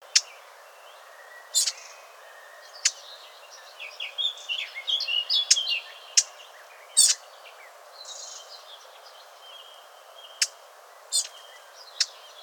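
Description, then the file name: Eurasian blackcap song: a rapid, varied warbling phrase of high twittering notes in the middle, among sharp loud clicks scattered throughout. "Sylvia atricapilla"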